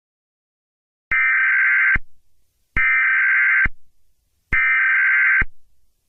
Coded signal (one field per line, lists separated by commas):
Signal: Emergency Alert System (SAME) tones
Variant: header bursts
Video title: Eas Scenario 11: Exploding Batteries